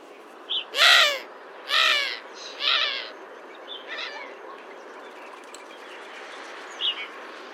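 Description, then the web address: Bird giving harsh, cawing calls, three loud calls in the first three seconds, with a few fainter, shorter calls around them over a steady background hiss. "Deverinetal 2025 File origin Bird Only"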